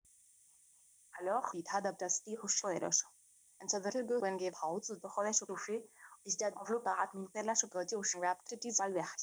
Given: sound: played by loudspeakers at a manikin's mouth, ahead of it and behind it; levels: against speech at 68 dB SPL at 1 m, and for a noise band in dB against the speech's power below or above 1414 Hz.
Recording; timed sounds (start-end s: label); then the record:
test signals for a remote microphone
1.10-9.23 s: speech test signal (ISTS)
From the record:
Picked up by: remote microphone C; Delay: 23 ms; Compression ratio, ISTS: 1.61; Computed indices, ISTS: SII 0.995, HASPI 0.979, HASQI 0.323 (non-linear 0.389, linear 0.829), ESTOI 0.816